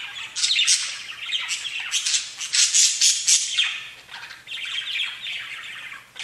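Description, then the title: Budgerigar squawks and chatter, loud harsh rasping notes tumbling together, fading briefly before a final sharp call. "Budgie Sounds"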